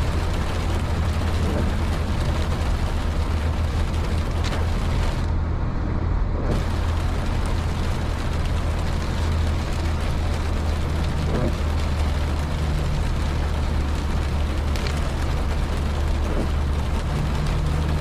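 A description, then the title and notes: Driving at night in the rain, with a constant low engine hum and a dense, steady wash of road and rain noise throughout. Around five to six and a half seconds the upper hiss briefly drops out, then returns. Faint tonal whines come and go. Night driving in the rain with no talking or music in the background.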